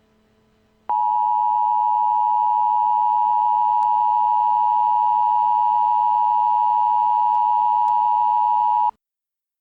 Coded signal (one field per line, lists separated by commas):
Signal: Emergency Alert System (SAME) tones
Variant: 853 and 960 Hz attention tone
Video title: EAS scenario: Shadow Demons 2 The Possession